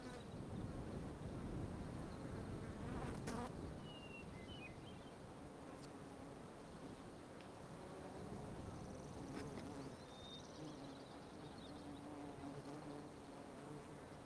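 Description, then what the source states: Fly: flies buzzing in uneven drones under breezy wind, with a few sharp clicks and thin bird whistles. Outdoor ambience with loud flies, light birdsong and wind.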